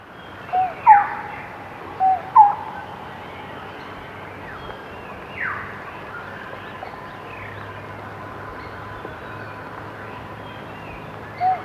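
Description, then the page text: Lineated barbet call: short mellow hooted notes in pairs, a flat note then a slightly higher hooked one, given twice, with one more flat note at the end, over steady background hiss. "Lineated Barbet Call. Quick Sounds"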